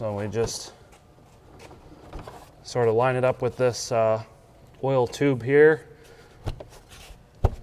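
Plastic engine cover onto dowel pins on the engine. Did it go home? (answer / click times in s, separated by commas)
yes / 7.4 s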